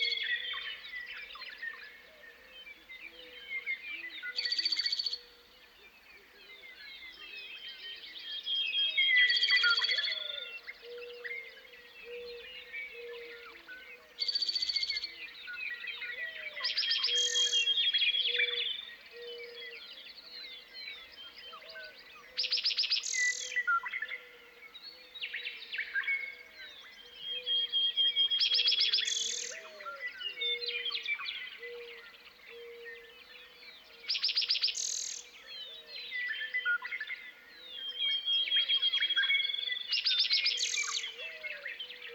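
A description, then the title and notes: Spring birds sing at dawn on the Montana prairie, a constant chatter of chirps and trills. Loud, bright song phrases, likely the meadowlark, burst out every five or six seconds throughout. A faint, steady low tone runs underneath the whole time. Dawn on an American Prairie. Conscious of surrounding ripples, the warm meadowlark song drifts in the air. Field Recording by Nick McMahan in Montana, USA.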